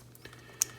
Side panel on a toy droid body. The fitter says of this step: Yeah, there you go. You pull it out. You'll hear it click.